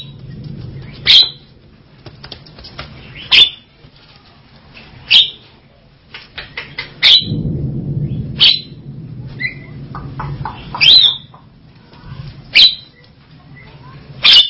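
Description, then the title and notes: Javan myna repeating sharp, chattering notes every second or two, mixed with softer chips, over a steady low hum. "Jalak Kebo. Kicau Burung Jalak"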